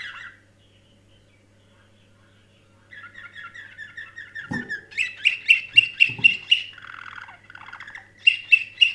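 Canary song: a brief note, a short silence, then a steady trill leading into loud rapid repeated notes and a rolling phrase, with a few dull thumps.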